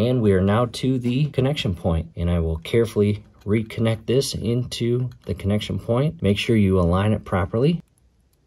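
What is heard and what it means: Someone talks while lining up a headlight wiring cable connector to push it into its mating plastic fitting on a Blix Vika+ electric bicycle during a headlight wiring cable replacement. The speech ends around 7.8 s, followed by two faint, brief ticks at 8.0 s and 8.3 s. The connector has not seated or clicked yet.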